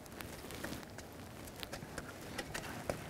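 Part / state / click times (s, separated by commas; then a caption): oxygen sensor wiring connector into vehicle harness connector / not seated / none. The new upstream oxygen sensor's plastic electrical connector on a 2009-2015 Honda Pilot is being handled and pushed toward its mating vehicle harness plug. Soft scattered ticks and rustling sit over a steady low hiss. Nothing has clicked or seated yet.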